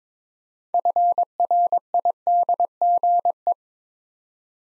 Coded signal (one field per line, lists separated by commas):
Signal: Morse code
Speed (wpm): 23 wpm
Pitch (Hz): 700 Hz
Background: none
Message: FRIDGE